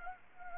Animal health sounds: mosquito wingbeat signal from an infrared sensor; Anopheles arabiensis

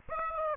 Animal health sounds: mosquito wingbeat signal from an infrared sensor; Aedes aegypti

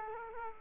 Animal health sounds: mosquito wingbeat signal from an infrared sensor; Culex quinquefasciatus

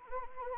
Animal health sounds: mosquito wingbeat signal from an infrared sensor; Anopheles arabiensis

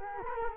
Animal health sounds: mosquito wingbeat signal from an infrared sensor; Culex quinquefasciatus

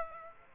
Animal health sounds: mosquito wingbeat signal from an infrared sensor; Aedes aegypti

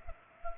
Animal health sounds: mosquito wingbeat signal from an infrared sensor; Culex pipiens

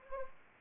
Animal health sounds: mosquito wingbeat signal from an infrared sensor; Anopheles arabiensis

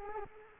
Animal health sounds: mosquito wingbeat signal from an infrared sensor; Culex quinquefasciatus

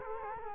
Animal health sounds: mosquito wingbeat signal from an infrared sensor; Culex quinquefasciatus

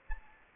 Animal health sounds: mosquito wingbeat signal from an infrared sensor; Aedes aegypti

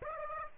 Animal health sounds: mosquito wingbeat signal from an infrared sensor; Aedes aegypti

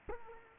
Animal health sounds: mosquito wingbeat signal from an infrared sensor; Culex quinquefasciatus

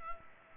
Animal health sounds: mosquito wingbeat signal from an infrared sensor; Culex pipiens

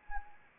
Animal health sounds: mosquito wingbeat signal from an infrared sensor; Anopheles arabiensis

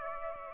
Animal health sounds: mosquito wingbeat signal from an infrared sensor; Aedes aegypti

